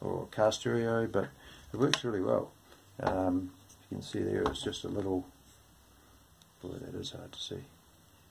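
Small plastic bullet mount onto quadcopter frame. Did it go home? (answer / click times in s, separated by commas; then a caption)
no / none. A small plastic bullet-shaped mount is handled while being clipped onto a Wizard X220S quadcopter frame, as someone talks over it, with a faint tick near 6.4 s. Nothing has seated or clicked into place yet.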